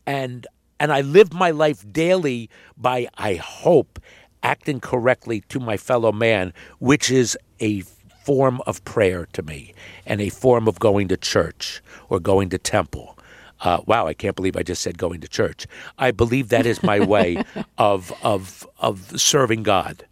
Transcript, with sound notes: and I live my life daily by, I hope, acting correctly to my fellow man, which is a form of prayer to me and a form of going to church or going to temple. Wow, I can't believe I just said going to church.
(Laughter).
I believe that is my way of serving God.